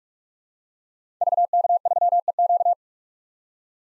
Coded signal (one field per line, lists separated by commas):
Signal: Morse code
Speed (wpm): 44 wpm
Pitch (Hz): 700 Hz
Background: none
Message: VK3EQ